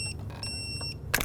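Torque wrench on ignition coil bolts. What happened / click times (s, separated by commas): The torque wrench clicked at its setting / 1.1 s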